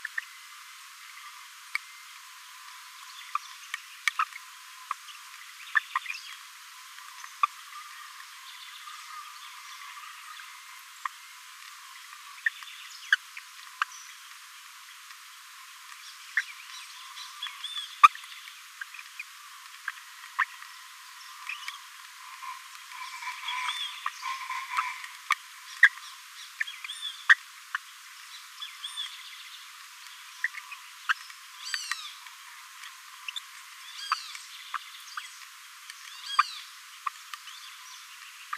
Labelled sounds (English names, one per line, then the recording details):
Green-rumped Parrotlet babbling
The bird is a male
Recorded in a nest box in Venezuela
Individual 17B42A3